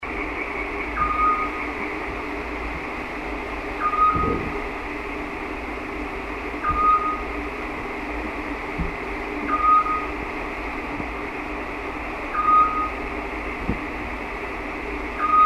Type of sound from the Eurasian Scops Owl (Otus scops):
song